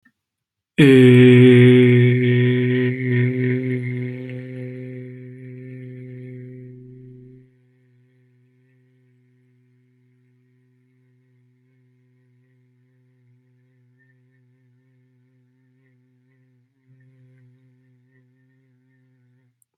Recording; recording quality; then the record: sustained vowel as in made; excellent, no background noise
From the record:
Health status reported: healthy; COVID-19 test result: negative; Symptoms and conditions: none ticked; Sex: male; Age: 23 years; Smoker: not ticked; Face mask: not worn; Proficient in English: yes